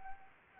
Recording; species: mosquito wingbeat signal from an infrared sensor; Anopheles gambiae